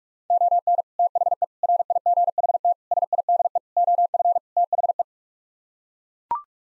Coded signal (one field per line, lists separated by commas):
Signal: Morse code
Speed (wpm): 41 wpm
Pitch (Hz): 700 Hz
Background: none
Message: ON THE RIGHT SIDE OF THE